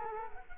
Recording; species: mosquito wingbeat signal from an infrared sensor; Culex quinquefasciatus